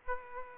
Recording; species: mosquito wingbeat signal from an infrared sensor; Aedes aegypti